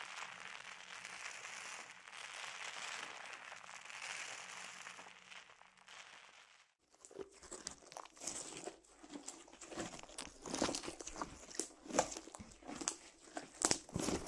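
Bubble wrap and a sponge being handled. For the first six seconds a steady, dense hiss of rubbing fills the sound, then it cuts out briefly. From about seven seconds on come irregular crinkles and sharp crackling pops, some bright and snappy, clustered unevenly to the end.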